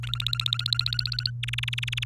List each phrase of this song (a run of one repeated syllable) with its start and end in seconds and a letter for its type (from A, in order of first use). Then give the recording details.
0.03-1.30 A, 1.43-2.05 B. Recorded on 30 April 2018 at 05:52. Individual llb3